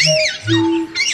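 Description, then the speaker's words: Parakeet squawks in harsh, high, arching notes, one at the start, one in the middle and another near the end. Several marauding parakeets tearing across the sky over lower paths in summer, their calls described as laughter. "On the lower paths, marauding parakeets tear across the sky with their laughter."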